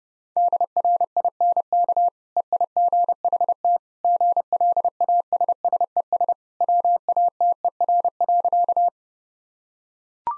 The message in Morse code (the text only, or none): DRINK EIGHT GLASSES WATER.